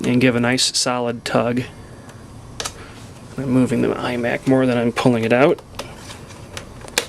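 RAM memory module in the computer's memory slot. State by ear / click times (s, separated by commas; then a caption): released / 7.0 s. Someone talks while tugging the small plastic ejector lever to pull a 1 or 2 gig RAM memory module out of its memory slot inside a 2007–2009 iMac, with faint knocks as the computer shifts. A sharp snap at 7.0 s marks the module releasing from its slot.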